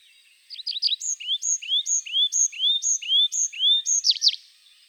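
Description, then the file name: Tree pipit song, a steady string of paired high notes, each a sharp whistle and a rising slur, repeated about twice a second. "Pipit des arbres"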